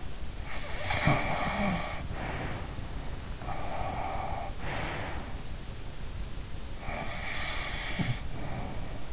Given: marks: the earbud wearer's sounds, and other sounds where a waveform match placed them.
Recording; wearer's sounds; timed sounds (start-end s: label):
sounds in sleep by an in-ear microphone; snoring breath, breath
0.47-3.24 s: snoring breath
3.38-5.56 s: breath
6.78-9.13 s: snoring breath